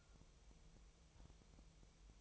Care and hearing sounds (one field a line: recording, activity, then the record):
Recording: daily activity, microphone in the room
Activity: take from stove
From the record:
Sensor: 1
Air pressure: 999.4 hPa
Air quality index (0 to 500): 198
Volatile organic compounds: 39 ppm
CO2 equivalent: 3139 ppm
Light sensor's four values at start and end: 9/22/8/9 and 9/22/8/9